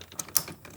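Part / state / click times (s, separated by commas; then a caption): fuel line quick connector onto fuel filter housing / seated / 0.4 s. After the fuel filter is replaced on a 6.7L diesel truck, a fuel line quick connector is pushed back onto its fitting on the fuel filter housing. A few faint ticks come first, then a sharp, loud snap at 0.4 s as the connector clicks on and seats.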